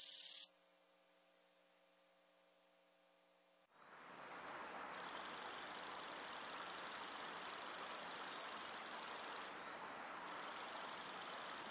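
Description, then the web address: Short-legged shieldbearer song, a very high, hissing buzz made of steady rapid pulses that cuts off after half a second, returns after a silent gap and swells to full strength, drops briefly, then resumes at full strength. "Crickets and Katydids. Shortlegged Shieldbearer, Atlanticus testaceus"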